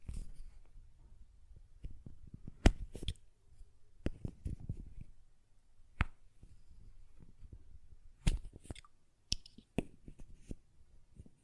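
A glass perfume bottle is tapped and its lid handled, giving irregular sharp clicks and knocks, loudest near 2.5, 6 and 8 seconds.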